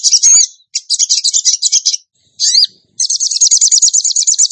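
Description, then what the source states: Bird song: varied high phrases, a scratchy burst, a swooping whistle after a brief gap, then a fast ringing trill. Bird singing actively (gacor) in the tembakan song style, from a masteran (training) recording.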